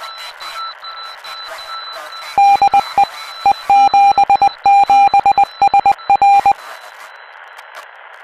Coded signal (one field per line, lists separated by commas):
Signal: Morse code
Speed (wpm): 20 wpm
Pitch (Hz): 800 Hz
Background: radio noise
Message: DE E77SR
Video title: From a Beginner, for Beginners: How I Learned CW